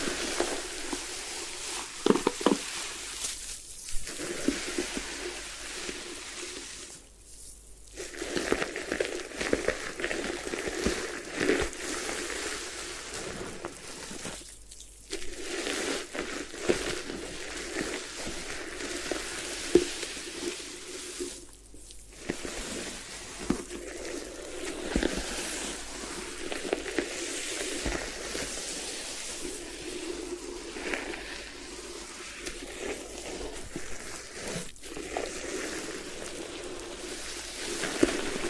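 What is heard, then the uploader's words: A head spa hair wash, with a steady, dense wash of splashing and spraying water through most of the recording. The flow pauses briefly around 4, 7, 15 and 22 seconds, then resumes. Faint voices and rubbing sounds sit beneath the water. Head Spa Hair Wash, Massage, Ear Cleaning.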